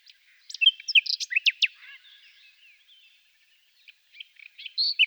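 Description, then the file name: Common nightingale song: short sharp varied chirps and clicks, a quiet gap, then a few more chirped notes. "Fülemülék"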